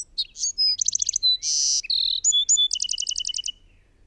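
Bird song, a fast varied phrase of high chirps, a harsh buzzy burst, a steady whistle and rapid trilled runs, all high-pitched, lasting about three and a half seconds.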